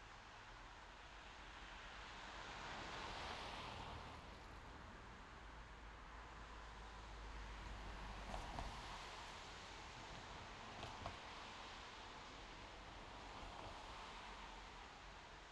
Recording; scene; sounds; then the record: everyday scene through a hearing-aid microphone; in traffic; traffic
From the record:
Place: main road on the outskirts, rush hour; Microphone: in the ear canal, left